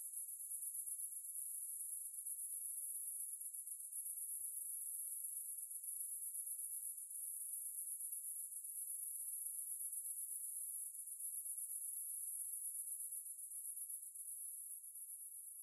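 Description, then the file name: Cicada, an unbroken high, sizzling buzz holding a steady pitch and loudness for the whole stretch, with nothing else heard. "Ambience Cicades"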